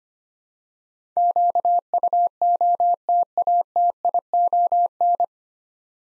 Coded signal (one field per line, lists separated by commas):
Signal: Morse code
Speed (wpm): 25 wpm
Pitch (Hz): 700 Hz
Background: none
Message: QUOTATION